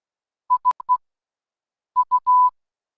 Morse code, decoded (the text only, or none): IE U